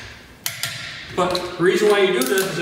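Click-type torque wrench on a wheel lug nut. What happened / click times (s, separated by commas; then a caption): Torque wrench clicked at its set torque / 0.5 s. A click-type torque wrench set to 100 ft-lb makes a second pass over a wheel lug nut that is already tight. It gives a sharp click at 0.5 s, followed by a fainter tick at 0.6 s, confirming the nut is at torque. Someone then talks.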